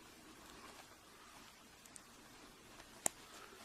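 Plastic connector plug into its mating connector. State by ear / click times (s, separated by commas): seated / 3.1 s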